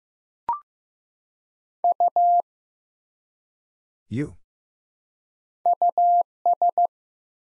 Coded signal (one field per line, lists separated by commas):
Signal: Morse code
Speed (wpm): 15 wpm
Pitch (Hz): 700 Hz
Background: none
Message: U US